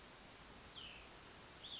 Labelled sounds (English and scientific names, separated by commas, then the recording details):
Cassin's Vireo (Vireo cassinii)
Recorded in Sonoma County, California